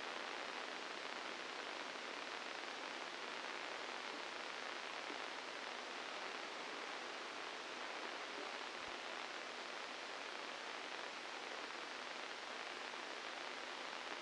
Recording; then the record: brain microelectrode recording played as sound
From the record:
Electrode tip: inside the subthalamic nucleus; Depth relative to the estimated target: 2 mm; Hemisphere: left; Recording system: NeuroSet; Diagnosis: Parkinson's disease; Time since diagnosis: 12 years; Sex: male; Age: 61 years